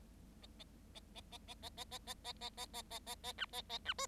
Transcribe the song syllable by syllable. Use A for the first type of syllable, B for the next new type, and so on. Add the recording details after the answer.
A A A A A A A A A A A A A A A A A B A A B C. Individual Bird7